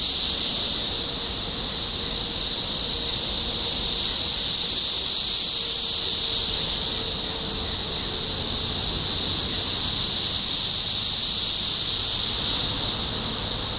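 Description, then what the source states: Cicada chorus, a continuous shrill buzzing drone with gentle waves of loudness and no pauses, a faint low hum underneath. Cicadas recorded in Topeka, Kansas, on 14 June 2015.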